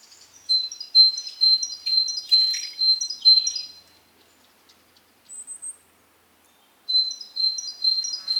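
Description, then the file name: Great tit repeating a clear, high two-part phrase at a quick steady pace, falling silent briefly apart from a single thin high note, then starting again. "Parus major"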